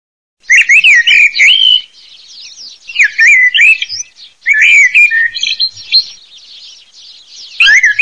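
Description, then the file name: Common blackbird song, fluted warbling phrases with high twittering ends, given in several bursts with pauses between. "MERLO"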